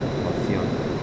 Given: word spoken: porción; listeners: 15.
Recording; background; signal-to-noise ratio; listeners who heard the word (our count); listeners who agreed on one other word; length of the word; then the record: one Spanish word in noise, from a listening test; speech-shaped noise; -5.8 dB; 4 of 15; 7 of 15; 0.63 s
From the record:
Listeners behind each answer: 7, 4, 3, 1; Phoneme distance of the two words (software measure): 17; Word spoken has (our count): 2 syllables, 7 phonemes, stress on syllable 2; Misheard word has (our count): 2 syllables, 6 phonemes, stress on syllable 2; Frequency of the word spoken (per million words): 13.52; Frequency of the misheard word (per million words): 47.03